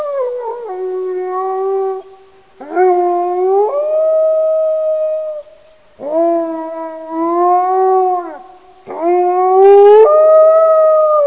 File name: Wolf